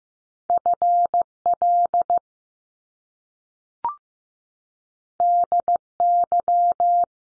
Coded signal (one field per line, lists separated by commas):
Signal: Morse code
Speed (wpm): 15 wpm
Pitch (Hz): 700 Hz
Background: none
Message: F L D Y